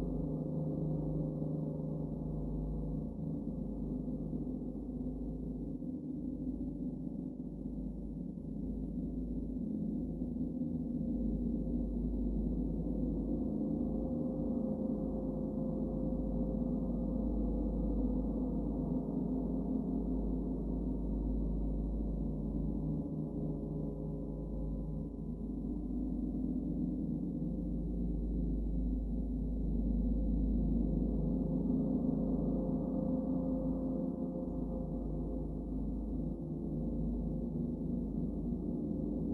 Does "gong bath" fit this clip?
yes